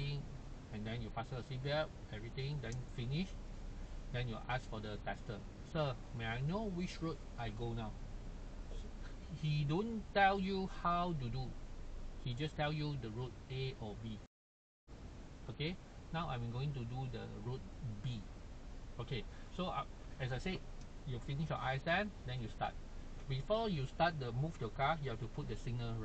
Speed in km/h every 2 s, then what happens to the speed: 0, 0, 0, 0, 0, 0, 0, 0, 0, 0, 0, 0, 0.
0-26 standing.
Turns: none.